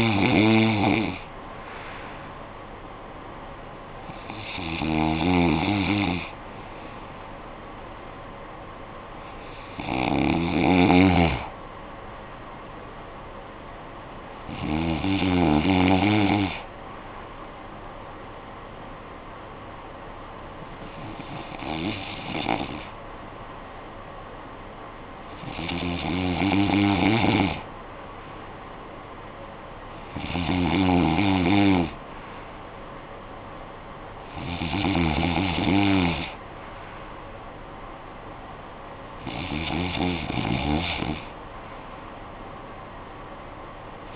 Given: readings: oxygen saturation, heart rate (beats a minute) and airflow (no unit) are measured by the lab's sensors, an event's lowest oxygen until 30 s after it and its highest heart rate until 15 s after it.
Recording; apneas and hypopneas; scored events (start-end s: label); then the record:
breathing in sleep by a voice recorder at the bedside; none
37.00-44.16 s: new sleep stage, N2 (light sleep)
From the record:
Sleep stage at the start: N1 (lightest sleep); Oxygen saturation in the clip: 94 to 95%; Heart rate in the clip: 51 to 68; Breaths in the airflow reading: 9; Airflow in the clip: -10.6 to 8.8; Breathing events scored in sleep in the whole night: 445 in 7.6 hours asleep